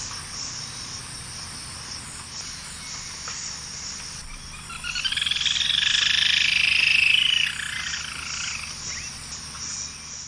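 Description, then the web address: White-eared jacamar call: a loud, quavering whistled trill that swells and fades for about three seconds midway, over a steady pulsing high drone. Eastern lowlands of South America. "Natures Songs S America Eastern Lowlands. White-eared Jacamar"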